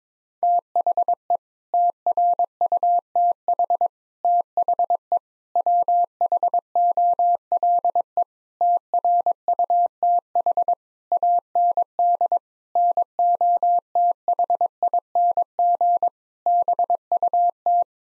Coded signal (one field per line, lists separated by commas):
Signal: Morse code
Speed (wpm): 22 wpm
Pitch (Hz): 700 Hz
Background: none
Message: THE TRUTH THE WHOLE TRUTH AND NOTHING BUT